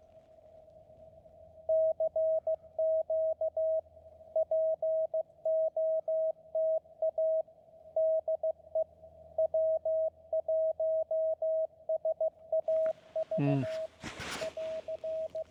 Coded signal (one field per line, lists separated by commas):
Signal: Morse code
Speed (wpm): 15 wpm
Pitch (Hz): 640 Hz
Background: radio noise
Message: CQ POTA DE W1SAV <AR>